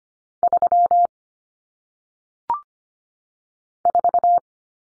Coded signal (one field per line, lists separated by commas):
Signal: Morse code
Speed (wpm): 25 wpm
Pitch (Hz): 700 Hz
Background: none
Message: 3 4